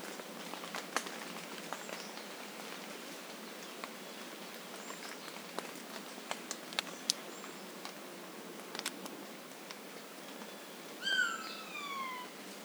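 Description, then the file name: Eurasian jay call: one descending, harmonic note late, after a run of sharp clicks and faint high chirps. "Garrulus glandarius"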